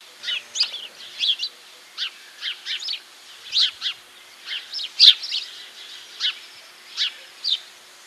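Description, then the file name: House sparrow giving separate short chirps, roughly two per second with brief gaps between, each note bright and clipped. "Passer domesticus"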